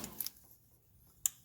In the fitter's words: There, you heard it click.